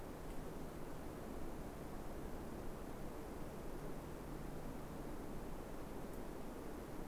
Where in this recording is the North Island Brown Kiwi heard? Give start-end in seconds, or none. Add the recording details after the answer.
none. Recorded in New Zealand on 3 December 2015. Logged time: 00:13. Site BZ73